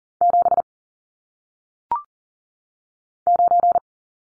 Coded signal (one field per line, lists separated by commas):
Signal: Morse code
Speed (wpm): 42 wpm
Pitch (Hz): 700 Hz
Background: none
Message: 7 9